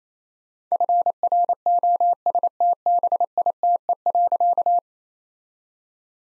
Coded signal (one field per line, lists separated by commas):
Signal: Morse code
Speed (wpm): 28 wpm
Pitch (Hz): 700 Hz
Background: none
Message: FROSTBITE.